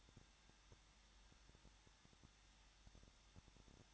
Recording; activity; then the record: daily activity, microphone in the room; no activity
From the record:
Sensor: 3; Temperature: 21.2 degrees Celsius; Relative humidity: 36.4%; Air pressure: 1006.4 hPa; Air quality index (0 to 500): 223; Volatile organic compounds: 42 ppm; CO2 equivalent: 3186 ppm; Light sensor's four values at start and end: 2/3/2/2 and 2/3/2/2